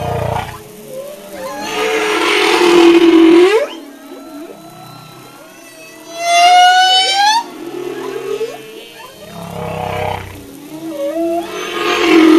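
Humpback whale song: loud buzzy cries with upsweeps alternating with a high rising whistle-like wail and softer moaning units.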